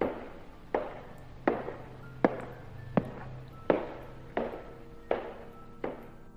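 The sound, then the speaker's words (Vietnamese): Slow, steady footsteps approaching along the corridor of a prison cell block at night, about nine evenly spaced heavy steps, each with a sharp strike and a lingering echo, with no talking. “Tiếng bước chân vang lên trên hành lang của khu phòng giam, lạnh lẽo.”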